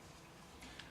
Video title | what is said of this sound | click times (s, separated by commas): Savage Model 25 17 Hornet review. | And it's not a huge click, and it's not super positive, but | 0.8 s